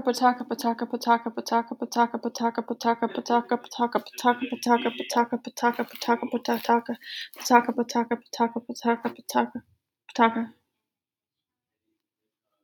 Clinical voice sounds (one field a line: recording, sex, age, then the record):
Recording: repeated syllables /pa ta ka/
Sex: female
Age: 30 to 39 years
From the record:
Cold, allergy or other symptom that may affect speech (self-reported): no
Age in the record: 37 years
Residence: United States